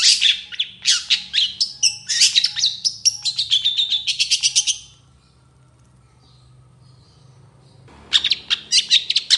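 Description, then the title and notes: Long-tailed shrike song: a fast torrent of scratchy chatter and squeaky notes for about five seconds, a quiet pause, then renewed rapid harsh chattering. Morning singing by an actively singing long-tailed shrike, with a 'toet toet' variation of notes. "Cendet Gacor Dor Di Kala Pagi Toet Toet Variasi Suara. Burung cendet"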